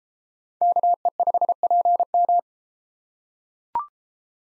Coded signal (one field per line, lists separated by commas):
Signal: Morse code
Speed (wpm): 31 wpm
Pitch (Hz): 700 Hz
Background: none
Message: KE5PM